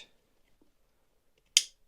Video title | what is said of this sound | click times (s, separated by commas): Say Goodbye to Plastic: Installing a Metal Manifold Like a Pro | you want to hear that click make sure everything is is nice and tidy | 1.6 s